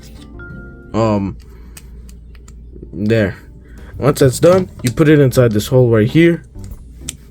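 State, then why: Seated. A small plastic accessory peg is pushed into a hole on a transforming toy figure's socket while someone talks. A sharp, short click sounds at 7.1 s as it seats, though the lock is not confirmed afterward.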